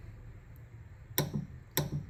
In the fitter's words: so right there there's a click so that's one